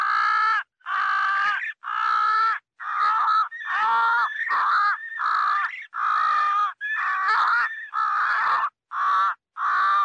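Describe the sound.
Crow producing strident, grating caws in quick succession, several notes harsh and warbled, continuing steadily for about ten seconds.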